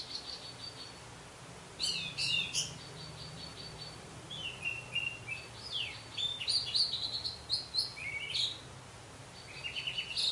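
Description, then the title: Orange-headed thrush song, scattered phrases of high chirps and slurred whistles, with pauses of a second or two between them. "Anis Merah"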